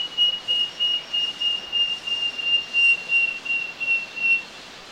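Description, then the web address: Wing-banded Wren song: a steady string of high whistles on one pitch, about three per second, set against a constant background hiss. Ecuador. "Birds of Ecuador 29 wing-banded Wren"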